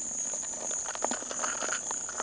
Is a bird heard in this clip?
no